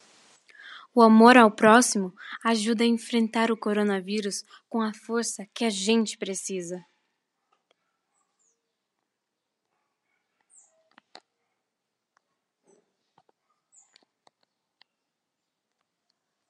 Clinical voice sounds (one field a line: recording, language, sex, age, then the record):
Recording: spoken sentence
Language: Brazilian Portuguese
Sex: female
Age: 18 to 19 years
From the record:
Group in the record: control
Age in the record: 19 years